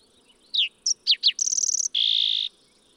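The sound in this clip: Fox sparrow song: several slurred whistled notes, a rapid high trill, then a sustained buzzy note closing the phrase.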